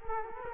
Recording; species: mosquito wingbeat signal from an infrared sensor; Culex quinquefasciatus